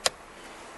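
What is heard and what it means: A second electrical wiring connector is pushed into its socket at the gear shifter of a 2007 Dodge Charger / Magnum during a stuck-in-park repair. A single sharp, broadband click at 0.1 s marks the connector snapping in and seating, followed by a quiet background.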